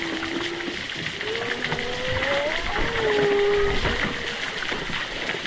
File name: zapsplat. whales humpback underwater distant east australia august choppy water movement